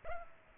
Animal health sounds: mosquito wingbeat signal from an infrared sensor; Culex pipiens

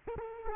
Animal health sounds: mosquito wingbeat signal from an infrared sensor; Aedes aegypti

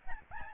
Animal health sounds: mosquito wingbeat signal from an infrared sensor; Aedes albopictus

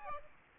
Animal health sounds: mosquito wingbeat signal from an infrared sensor; Aedes aegypti

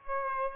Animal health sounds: mosquito wingbeat signal from an infrared sensor; Aedes aegypti

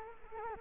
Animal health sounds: mosquito wingbeat signal from an infrared sensor; Culex quinquefasciatus

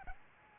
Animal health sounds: mosquito wingbeat signal from an infrared sensor; Aedes albopictus

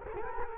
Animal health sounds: mosquito wingbeat signal from an infrared sensor; Culex quinquefasciatus

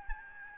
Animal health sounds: mosquito wingbeat signal from an infrared sensor; Aedes albopictus

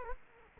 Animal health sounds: mosquito wingbeat signal from an infrared sensor; Culex quinquefasciatus

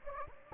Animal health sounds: mosquito wingbeat signal from an infrared sensor; Anopheles gambiae

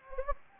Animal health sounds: mosquito wingbeat signal from an infrared sensor; Anopheles gambiae

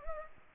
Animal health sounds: mosquito wingbeat signal from an infrared sensor; Culex pipiens

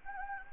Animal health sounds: mosquito wingbeat signal from an infrared sensor; Anopheles gambiae

